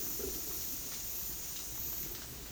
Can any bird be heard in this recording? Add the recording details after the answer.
no. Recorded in dense forest near Puerto Asís, Putumayo, Colombia, on 19 February 2024 at 12:00. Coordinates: 0.499, -76.324. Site G6469